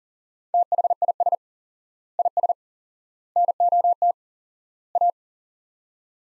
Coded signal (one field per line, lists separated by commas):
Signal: Morse code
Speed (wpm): 40 wpm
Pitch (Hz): 700 Hz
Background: none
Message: THIS IS NOT A